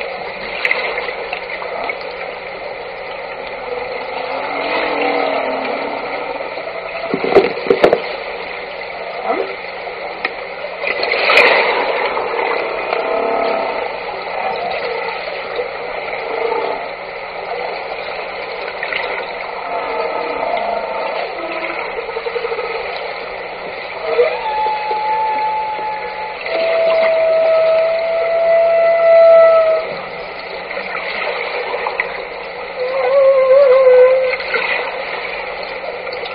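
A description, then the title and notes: Humpback whale song recorded underwater through a steady hiss of water and boat noise. Faint moans drift in early on, then clearer mid-pitched tonal calls stretch out around 26 to 30 seconds, followed by a shorter rising, wavering call near 33 seconds. First Orcasound recording of humpback song in Haro during January! This evening Val and Leslie Veirs of the Orcasound Lab node reported hearing humpback whale sounds.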